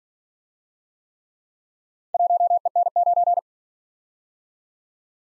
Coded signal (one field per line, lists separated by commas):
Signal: Morse code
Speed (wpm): 48 wpm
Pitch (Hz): 700 Hz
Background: none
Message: 1EN9